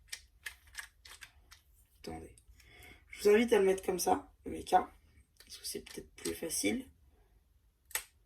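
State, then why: Seated. Someone talks while pressing the plastic LEGO Ninjago mech's foot onto the small attachment points on Kai's EVO motorbike build (set 71783), with a few light plastic ticks from handling near the start. A short, sharp click at 8.0 s marks the foot clipping into place, seated.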